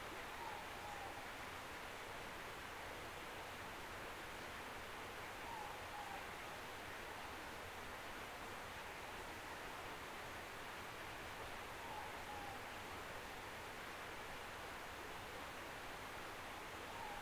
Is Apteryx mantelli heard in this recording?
no